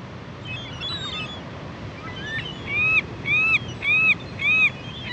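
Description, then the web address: California gull with four loud, evenly spaced arched calls after a quieter start, over low background hiss. "Dan Gibson Wildlife Identification By Sound, Western North America. California Gull"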